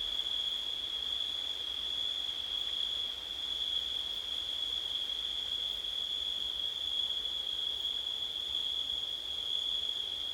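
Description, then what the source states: High, steady cricket trilling continues unbroken, with a gentle hiss of background noise beneath it. Recorded at night in September, with wind.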